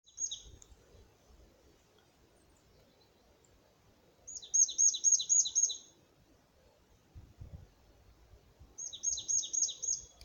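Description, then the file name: Marsh tit calls: three quick bursts of sharp, high chirping notes, the first short and the later two of five or six notes, spaced about four seconds apart, over low rumbling background noise. "Poecile palustris"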